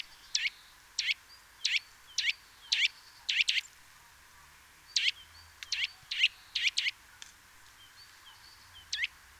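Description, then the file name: Eurasian nuthatch calling with sharp, emphatic notes, singly and in pairs, in a quick series with a brief pause in the middle. "Sitta europaea"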